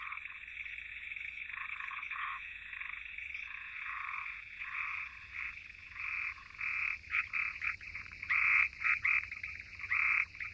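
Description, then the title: Frog croaking, a steady rasping chorus that breaks into louder, choppy bursts toward the end. "Frog_short"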